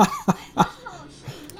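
A quick run of three short, dry coughs, about a third of a second apart, from an adult man.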